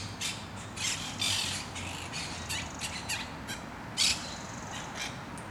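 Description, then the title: Parakeets giving harsh, grating squawks in uneven bursts, some short and clipped, others longer and rasping, with a steady low background rumble. Parakeets recorded in a park in Saint-Gilles, Belgium, using a Sony PCM-D100 with internal microphones set to the wide position. "Parc de Forest, 1060 Saint-Gilles, Belgique - Parakeets - Perruches"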